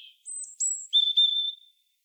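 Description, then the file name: European robin song: a soft opening note, thin very high sustained whistles, then a clear lower steady whistled note, against silence. "Erithacus rubecula"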